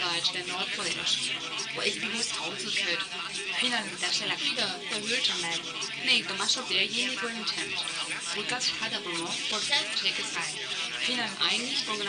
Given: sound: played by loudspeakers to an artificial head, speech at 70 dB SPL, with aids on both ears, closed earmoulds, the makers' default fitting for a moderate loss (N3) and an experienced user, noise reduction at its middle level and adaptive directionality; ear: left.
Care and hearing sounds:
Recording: speech test signal (ISTS) in cocktail-party noise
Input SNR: +3 dB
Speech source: on the right (90 degrees)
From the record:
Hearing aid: class 2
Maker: A

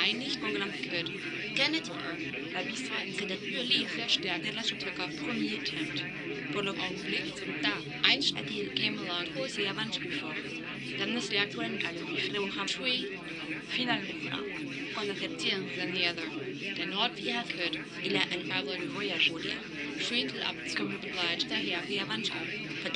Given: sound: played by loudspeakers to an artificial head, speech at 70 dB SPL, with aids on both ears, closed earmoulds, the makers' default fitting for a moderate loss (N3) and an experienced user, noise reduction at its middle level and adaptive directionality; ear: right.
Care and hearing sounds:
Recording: speech test signal (ISTS) in cocktail-party noise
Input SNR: -3 dB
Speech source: in front (0 degrees)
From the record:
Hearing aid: class 2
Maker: D

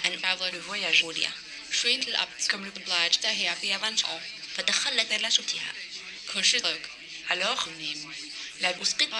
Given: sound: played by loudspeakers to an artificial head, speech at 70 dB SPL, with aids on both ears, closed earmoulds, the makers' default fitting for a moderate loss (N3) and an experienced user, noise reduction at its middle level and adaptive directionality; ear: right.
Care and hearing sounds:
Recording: speech test signal (ISTS) in cocktail-party noise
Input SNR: +9 dB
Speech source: in front (0 degrees)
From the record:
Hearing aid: class 1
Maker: B

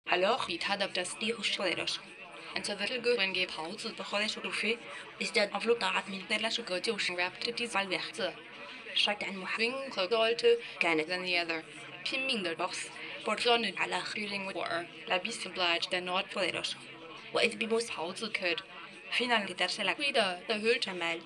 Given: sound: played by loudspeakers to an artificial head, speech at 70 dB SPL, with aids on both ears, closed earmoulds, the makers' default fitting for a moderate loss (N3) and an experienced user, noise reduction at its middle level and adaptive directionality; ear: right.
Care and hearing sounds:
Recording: speech test signal (ISTS) in cocktail-party noise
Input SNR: +9 dB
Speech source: on the right (90 degrees)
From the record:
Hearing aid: class 2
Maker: C

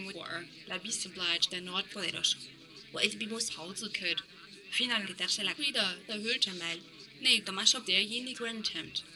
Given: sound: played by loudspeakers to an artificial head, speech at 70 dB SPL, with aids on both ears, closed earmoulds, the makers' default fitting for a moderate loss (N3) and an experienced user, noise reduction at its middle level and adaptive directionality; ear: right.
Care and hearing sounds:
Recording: speech test signal (ISTS) in cocktail-party noise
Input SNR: +9 dB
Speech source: on the right (90 degrees)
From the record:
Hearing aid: class 2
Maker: J

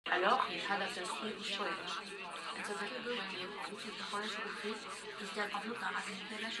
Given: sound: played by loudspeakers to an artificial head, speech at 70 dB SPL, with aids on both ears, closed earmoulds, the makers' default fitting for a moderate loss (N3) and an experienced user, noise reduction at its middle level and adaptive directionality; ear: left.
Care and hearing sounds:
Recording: speech test signal (ISTS) in cocktail-party noise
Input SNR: +3 dB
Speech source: on the right (90 degrees)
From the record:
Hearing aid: class 1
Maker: E

